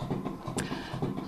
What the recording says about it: It's in the backpack. It's 15 pounds. It's got two hoses attached to it that go through my abdomen and attach to my heart. Those batteries allow the machine to pump compressed air into my heart. I'm going at 130 beats per minute is what it's running at. It sounds like galloping. It sounds like a baby's ultrasound when you hear the heartbeats.